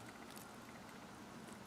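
The looped wire end of a Halloween beaded link bracelet is pulled around toward the hole of a glass or plastic bead. Only a steady, faint handling rustle over low background noise is heard, with no distinct sudden sounds. Nothing has seated or clicked into the bead yet.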